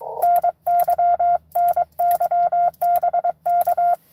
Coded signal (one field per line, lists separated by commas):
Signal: Morse code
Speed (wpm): 23 wpm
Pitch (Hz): 690 Hz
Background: none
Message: NY NY BK